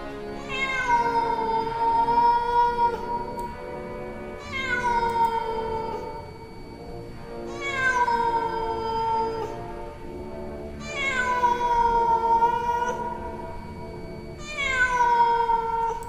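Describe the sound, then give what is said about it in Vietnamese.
A cat charging out from inside a grassy thicket yowls five times in a steady rhythm, each cry long, loud and wavering in pitch with a rising then sagging whine, and no voices in between. “Một con mèo từ bên trong bụi cỏ xông lên, lao thẳng đến chỗ Diệp Thiếu Dương.”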